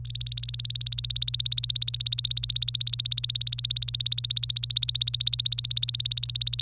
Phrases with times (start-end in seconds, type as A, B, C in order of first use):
0.05-6.61 A